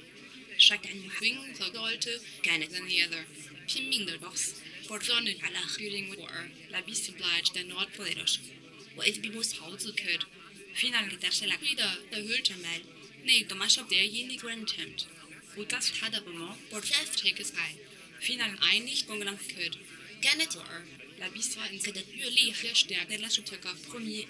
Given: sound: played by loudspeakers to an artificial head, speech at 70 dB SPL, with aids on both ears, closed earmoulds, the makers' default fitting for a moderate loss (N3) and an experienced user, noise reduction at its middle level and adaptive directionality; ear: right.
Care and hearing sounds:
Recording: speech test signal (ISTS) in cocktail-party noise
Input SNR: +6 dB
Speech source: in front (0 degrees)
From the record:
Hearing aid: class 2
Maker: J

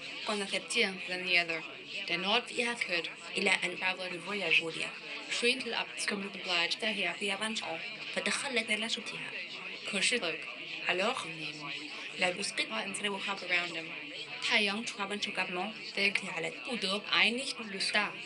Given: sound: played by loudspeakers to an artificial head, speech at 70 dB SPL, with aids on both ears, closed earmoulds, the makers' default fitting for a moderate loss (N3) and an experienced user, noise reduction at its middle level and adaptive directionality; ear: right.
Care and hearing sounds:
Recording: speech test signal (ISTS) in cocktail-party noise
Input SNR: +9 dB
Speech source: in front (0 degrees)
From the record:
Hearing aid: class 2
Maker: I

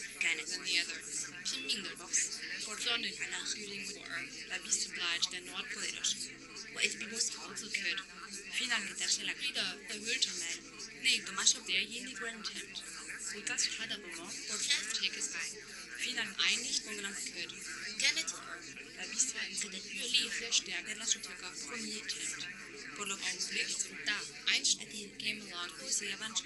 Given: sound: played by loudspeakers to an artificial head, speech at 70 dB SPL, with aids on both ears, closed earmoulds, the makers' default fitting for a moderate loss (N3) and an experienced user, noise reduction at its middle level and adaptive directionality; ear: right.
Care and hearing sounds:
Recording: speech test signal (ISTS) in cocktail-party noise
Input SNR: -3 dB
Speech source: in front (0 degrees)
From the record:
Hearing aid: class 1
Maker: H

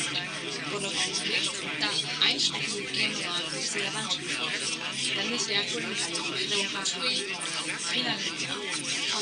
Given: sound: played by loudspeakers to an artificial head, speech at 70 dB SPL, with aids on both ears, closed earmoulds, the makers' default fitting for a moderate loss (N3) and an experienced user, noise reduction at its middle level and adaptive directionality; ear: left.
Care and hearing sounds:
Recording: speech test signal (ISTS) in cocktail-party noise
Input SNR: -3 dB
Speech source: on the right (90 degrees)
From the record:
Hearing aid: class 2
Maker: A

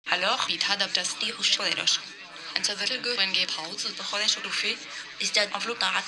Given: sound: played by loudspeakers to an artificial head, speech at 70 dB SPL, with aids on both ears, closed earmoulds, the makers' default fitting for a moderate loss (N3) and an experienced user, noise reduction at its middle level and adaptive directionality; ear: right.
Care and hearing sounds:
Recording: speech test signal (ISTS) in cocktail-party noise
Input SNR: +9 dB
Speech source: on the right (90 degrees)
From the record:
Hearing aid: class 1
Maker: B

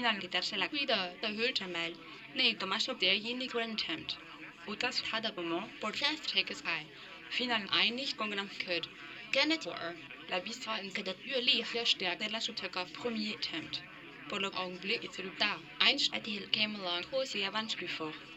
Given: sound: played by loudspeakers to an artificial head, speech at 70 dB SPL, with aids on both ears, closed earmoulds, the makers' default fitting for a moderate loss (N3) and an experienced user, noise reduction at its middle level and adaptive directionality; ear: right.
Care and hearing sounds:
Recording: speech test signal (ISTS) in cocktail-party noise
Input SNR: +9 dB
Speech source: on the right (90 degrees)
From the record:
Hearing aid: class 1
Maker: D

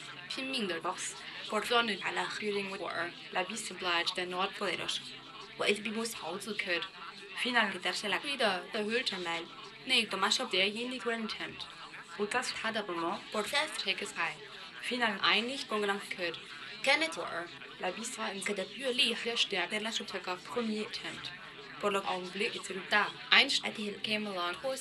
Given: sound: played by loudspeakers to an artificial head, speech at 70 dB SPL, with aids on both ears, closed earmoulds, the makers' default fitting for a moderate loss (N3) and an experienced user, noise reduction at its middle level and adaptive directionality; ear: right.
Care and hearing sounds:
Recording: speech test signal (ISTS) in cocktail-party noise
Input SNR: +9 dB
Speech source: in front (0 degrees)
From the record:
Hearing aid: class 1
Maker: E

